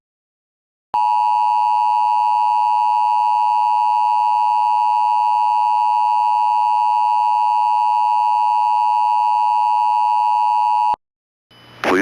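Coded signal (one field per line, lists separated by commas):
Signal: Emergency Alert System (SAME) tones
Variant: 853 and 960 Hz attention tone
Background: speech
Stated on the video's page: Fictional EAS scenario alert from the final installment of a Minecraft Attack series.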